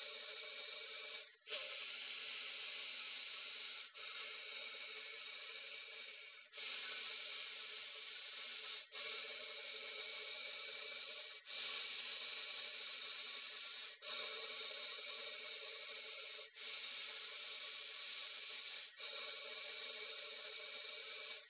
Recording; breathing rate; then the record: paced breathing near a phone; 12 breaths a minute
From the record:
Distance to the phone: 20 cm